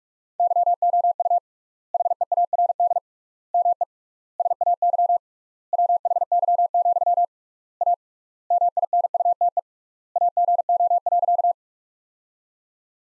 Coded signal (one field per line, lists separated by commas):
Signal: Morse code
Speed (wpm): 46 wpm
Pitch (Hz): 700 Hz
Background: none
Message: YOU HEARD ME SAY WHY, A MINUTE AGO.